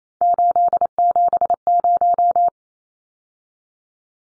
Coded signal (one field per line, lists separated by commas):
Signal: Morse code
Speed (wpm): 28 wpm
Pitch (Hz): 700 Hz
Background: none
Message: 870